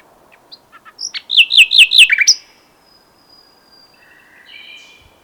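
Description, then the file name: Common nightingale song: a few quiet clicks, then a loud series of slurred notes in quick succession, followed by a thin high whistle and a quiet trill. "Luscinia megarhynchos"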